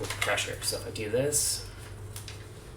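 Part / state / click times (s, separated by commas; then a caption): bow limb in a VR controller bow accessory / released / 2.2 s, 2.3 s. Someone talks while pushing a plastic bow limb into a VR controller bow accessory that holds it only by friction. Two short pops at 2.2 s and 2.3 s follow as the limb comes right back out of its socket, showing the drawback that the limbs do not lock in.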